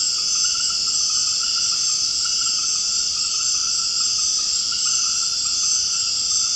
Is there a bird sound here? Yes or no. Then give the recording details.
no. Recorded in secondary vegetation near Puerto Asís, Putumayo, Colombia, on 21 March 2025 at 19:30. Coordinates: 0.502, -76.326. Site G100